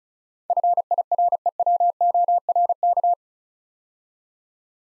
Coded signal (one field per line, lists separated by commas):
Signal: Morse code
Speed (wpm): 34 wpm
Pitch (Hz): 700 Hz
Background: none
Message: FIREWORK